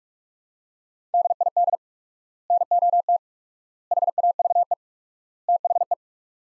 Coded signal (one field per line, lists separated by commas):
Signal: Morse code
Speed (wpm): 44 wpm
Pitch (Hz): 700 Hz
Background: none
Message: DID NOT HAVE THE